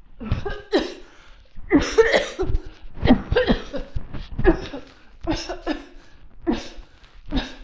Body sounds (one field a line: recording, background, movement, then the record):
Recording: voluntary coughing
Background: quiet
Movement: walking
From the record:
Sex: female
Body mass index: 21.8 kg/m2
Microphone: on the chest, facing the body